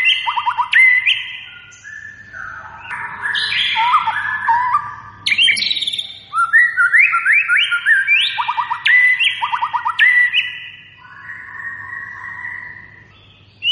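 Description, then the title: White-rumped shama song, a rich flow of whistled notes, rapid stuttered trills and rising slurs, with short pauses between bursts; faint low hum in the background. Lure recording of a gacor bird, singing continuously and persistently. "PANCINGAN MURAI BATU GACOR"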